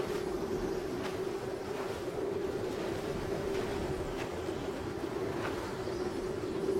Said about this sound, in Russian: Их окружает белый снег и ветреный снегопад.